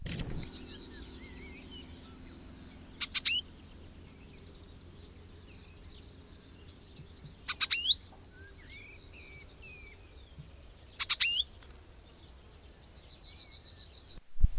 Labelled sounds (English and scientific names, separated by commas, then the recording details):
Icterine Warbler (Hippolais icterina)
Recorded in the wild
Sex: pair
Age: adult
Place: Kleinsendelbach, Bayern, DE
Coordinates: 49.5947, 11.1572
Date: 1964-06-20
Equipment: Nagra, Original, Vollspur
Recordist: Tretzel, Erwin